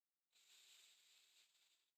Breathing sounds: one breath near a microphone; inhalation

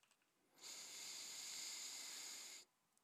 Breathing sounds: one breath near a microphone; inhalation

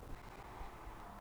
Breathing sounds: one breath near a microphone; inhalation

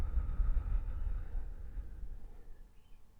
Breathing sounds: one breath near a microphone; exhalation

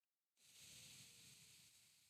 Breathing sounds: one breath near a microphone; exhalation

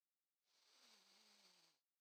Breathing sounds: one breath near a microphone; inhalation

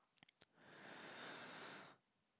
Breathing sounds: one breath near a microphone; inhalation

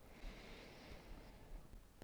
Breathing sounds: one breath near a microphone; inhalation

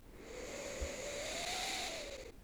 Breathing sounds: one breath near a microphone; inhalation

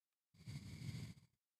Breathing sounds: one breath near a microphone; exhalation

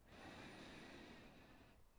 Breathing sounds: one breath near a microphone; inhalation

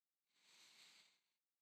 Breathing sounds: one breath near a microphone; inhalation

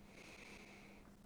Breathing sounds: one breath near a microphone; inhalation

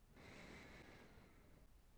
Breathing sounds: one breath near a microphone; inhalation

